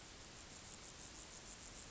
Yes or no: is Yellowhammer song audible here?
no